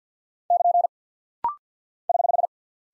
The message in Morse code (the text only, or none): <KN> <HH>